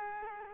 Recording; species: mosquito wingbeat signal from an infrared sensor; Culex quinquefasciatus